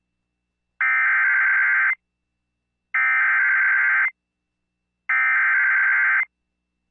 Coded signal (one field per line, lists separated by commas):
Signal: Emergency Alert System (SAME) tones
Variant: header bursts